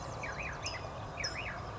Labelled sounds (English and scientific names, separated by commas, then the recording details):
California Towhee (Melozone crissalis)
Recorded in Sonoma County, California